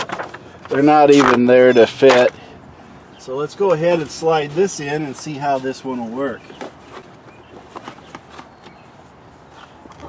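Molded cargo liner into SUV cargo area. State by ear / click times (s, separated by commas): not seated / none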